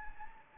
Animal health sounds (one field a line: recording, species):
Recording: mosquito wingbeat signal from an infrared sensor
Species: Anopheles gambiae